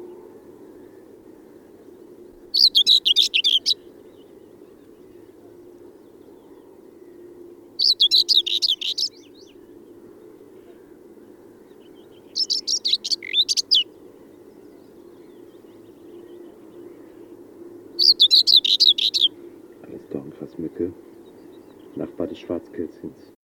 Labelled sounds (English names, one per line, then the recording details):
Common Whitethroat song
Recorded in the wild
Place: Wierden, Overijssel, NL
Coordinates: 52.358, 6.594
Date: 1990-05-18
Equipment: Nagra III BH, Sennheiser MD 21, parabola
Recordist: Schubert, Michael